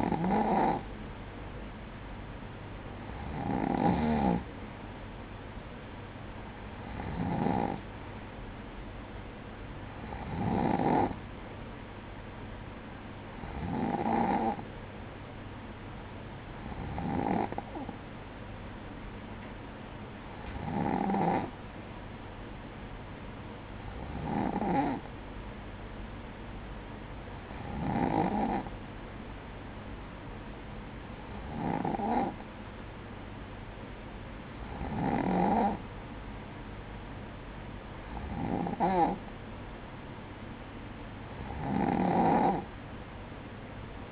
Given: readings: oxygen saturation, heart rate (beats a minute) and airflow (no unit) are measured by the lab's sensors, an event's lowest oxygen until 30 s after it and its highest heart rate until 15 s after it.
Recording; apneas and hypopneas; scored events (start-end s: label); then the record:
breathing in sleep by a voice recorder at the bedside; none
none scored
From the record:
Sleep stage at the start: N2 (light sleep); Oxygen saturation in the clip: 94 to 96%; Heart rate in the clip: 56 to 58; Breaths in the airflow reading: 13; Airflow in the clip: -9.3 to 7.3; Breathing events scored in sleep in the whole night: 180 in 6.7 hours asleep